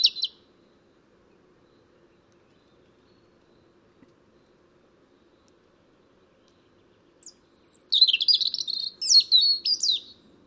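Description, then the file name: European robin song, a single high note, then a long pause before a rapid, thin twittering phrase of varied high notes. "Erithacus rubecula"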